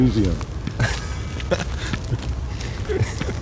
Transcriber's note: laughter